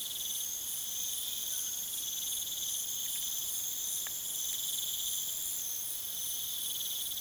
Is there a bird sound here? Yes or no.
no